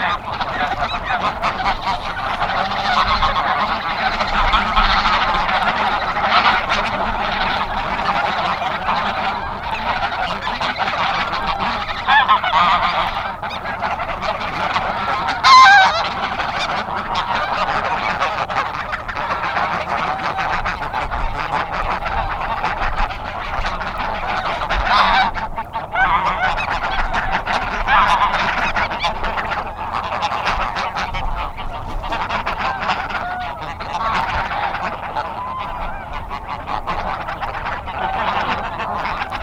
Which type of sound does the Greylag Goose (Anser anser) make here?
call